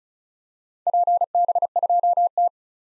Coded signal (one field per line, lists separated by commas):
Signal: Morse code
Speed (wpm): 36 wpm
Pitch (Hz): 700 Hz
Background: none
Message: PB2T